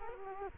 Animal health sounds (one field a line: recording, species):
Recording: mosquito wingbeat signal from an infrared sensor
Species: Culex quinquefasciatus